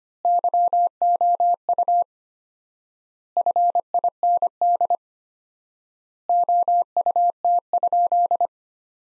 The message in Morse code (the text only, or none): YOU FIND OUT?